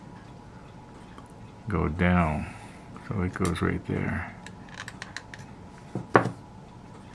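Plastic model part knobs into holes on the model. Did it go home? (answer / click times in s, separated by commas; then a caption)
yes / 6.2 s. Someone talks as a plastic model ship part with three small knobs underneath is turned over and pressed down so the knobs go into holes on the model. A series of small taps around 4.8–5.3 seconds ends in one loud, sharp hit at 6.2 seconds as the part snaps and locks into place.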